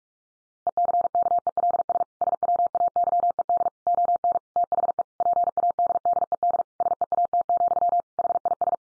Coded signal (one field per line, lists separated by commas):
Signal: Morse code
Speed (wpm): 44 wpm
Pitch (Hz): 700 Hz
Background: none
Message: ECKELS SWAYED ON THE PADDED SEAT, HIS